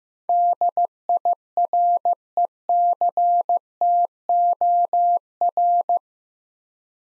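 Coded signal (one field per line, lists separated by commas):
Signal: Morse code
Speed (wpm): 15 wpm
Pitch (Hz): 700 Hz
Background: none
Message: DIRECTOR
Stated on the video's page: Morse practice drill of 8-letter words at 15 wpm; each word sent twice for head-copy.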